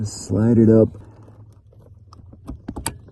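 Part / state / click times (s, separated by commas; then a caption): wiring harness connector into power mirror ECU / seated / 2.9 s. Someone talks as the Terminal A wiring harness connector is slid up and pushed into a Lexus power mirror ECU, with a few faint taps as it goes in. It latches with a sharp click at 2.9 s, seating the connector.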